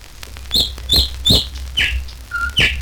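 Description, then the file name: Nightingale song: three loud, sharp notes in quick succession, a lower note, then a pure low whistle and a final loud note, over a steady low hum. "Solovei s natury"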